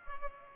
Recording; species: mosquito wingbeat signal from an infrared sensor; Culex pipiens